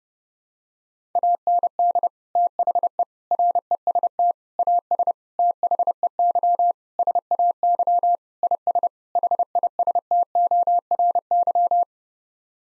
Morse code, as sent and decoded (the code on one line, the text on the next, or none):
.- -. -.. / - .... . / .-. . ... - / .- ... / - .... . -.-- / ... .- -.-- / .. ... / .... .. ... - --- .-. -.--
AND THE REST AS THEY SAY IS HISTORY